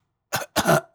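A single lone adult cough in two quick bursts, a brief sharp onset followed by a slightly longer voiced release, all within just over half a second. It is an acted sound effect of one isolated cough, with silence before and after.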